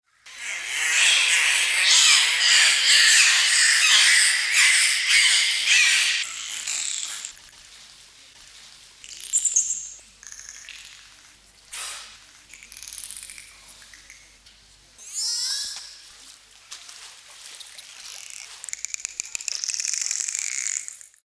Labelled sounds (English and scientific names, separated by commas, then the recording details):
Bottlenose Dolphin (Tursiops truncatus)
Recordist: Tembrock, Günter
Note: Verschiedene Lautformen